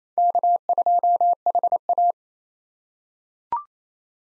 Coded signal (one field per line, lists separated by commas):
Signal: Morse code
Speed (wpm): 28 wpm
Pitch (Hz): 700 Hz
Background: none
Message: K2HA